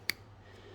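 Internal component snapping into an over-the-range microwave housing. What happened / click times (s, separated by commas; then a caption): The part snapped into its mounting / 0.1 s. A removed internal part of a Samsung over-the-range microwave that turns on but doesn't heat is pushed back into its mounting in the housing. A single sharp click is heard at 0.1 s over a low steady hum. The part snaps into place and is secure.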